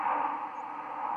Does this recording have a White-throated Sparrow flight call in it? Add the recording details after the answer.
no. Another species' flight call is heard. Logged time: 02:54 on 31 October 2014